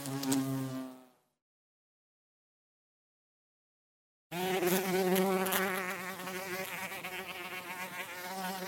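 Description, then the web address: Bee buzzing, a steady low droning hum that fades out after a second, then returns after a silent gap as a continuous, slightly wavering buzz. "пчела"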